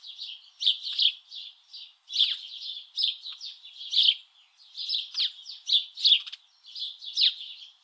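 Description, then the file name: House Sparrow chirps, a stream of bright, rough chirrups in irregular bursts, with short gaps between clusters. "Passer domesticus"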